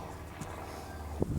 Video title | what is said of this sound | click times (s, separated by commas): 2013 Toyota Prius V Front Strut Replacement | And that little cap just snaps into place here. | 1.2 s